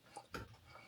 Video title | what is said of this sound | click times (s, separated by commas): 2015 Lexus RX 350 Break rotor and Pads Change | And it pops right into place. | 0.3 s